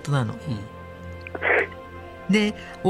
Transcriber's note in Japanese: 鼻を吸って